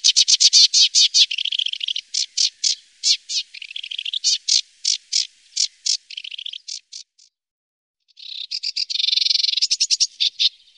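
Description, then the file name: Sedge warbler song, rapid scratchy chattering phrases with buzzy churrs between, a short gap, then a dense rasping trill. "Savsangare"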